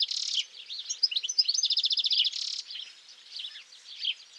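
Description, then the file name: European goldfinch singing a lively jumble of high chirps and trills, with buzzy wheezy phrases and a rapid run of repeated notes in the middle. "Carduelis carduelis"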